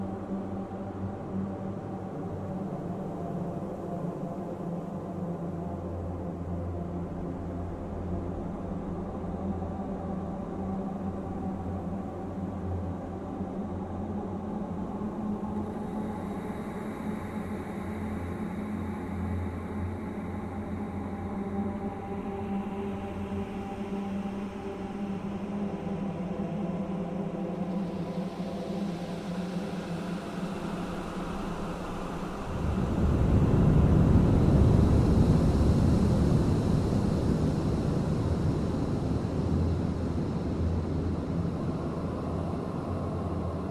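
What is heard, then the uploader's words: A steady, low humming drone fills a creepy cave, layered with faint hiss and a few held tones that shift slightly around the middle. At about 33 seconds a wave surges in, louder and rushing, then slowly ebbs back under the continuing hum. Humming and waves in a creepy cave.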